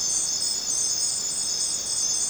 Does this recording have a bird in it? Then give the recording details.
no. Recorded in dense forest near Puerto Asís, Putumayo, Colombia, on 29 June 2025 at 00:00. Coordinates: 0.484, -76.317. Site G045